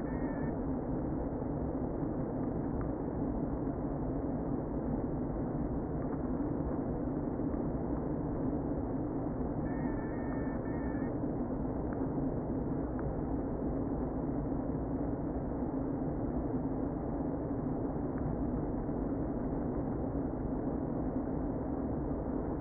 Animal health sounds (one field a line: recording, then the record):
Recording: honeybee colony, microphone inside the hive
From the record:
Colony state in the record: queen present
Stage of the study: before two queens were removed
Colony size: about 60,000 bees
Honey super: yes